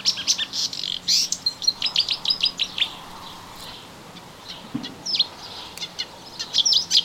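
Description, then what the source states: Melodious warbler singing a rapid, high, scratchy warble in two bursts separated by a quieter gap. Recorded in a garden on 25 June 2017.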